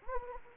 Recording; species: mosquito wingbeat signal from an infrared sensor; Anopheles gambiae